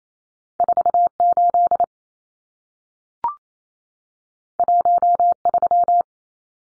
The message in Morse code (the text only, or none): 48 13